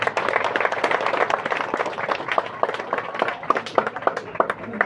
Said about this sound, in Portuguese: Palmas para a professora